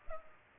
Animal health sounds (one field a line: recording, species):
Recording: mosquito wingbeat signal from an infrared sensor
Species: Culex pipiens